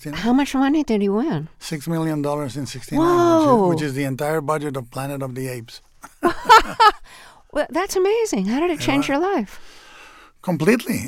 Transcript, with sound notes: How much money did he win?
Six million dollars in '69.
Whoa.
Which is the entire budget of "Planet Of The Apes."
(LAUGHTER)
That's amazing. How did it...
Yeah.
...Change your life?
Completely.